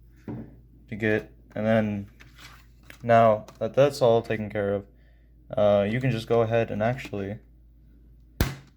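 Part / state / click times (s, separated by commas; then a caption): clipped laptop panel coming off the laptop chassis / released / 8.4 s. A clipped laptop panel pops loose from the chassis of a Dell Inspiron 14Z during disassembly to remove the LCD display cable. Someone talks, then a single loud, sharp pop sounds at 8.4 s as the part releases. The pop sounds bad but is normal.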